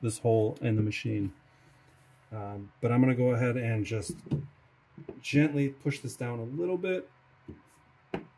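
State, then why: Seated. Someone talks while gently pushing the sheet metal left side panel down onto the body of an Omtech Polar laser cutter during reinstallation. A single sharp knock-like click is heard at 8.1 s as the panel clicks into place.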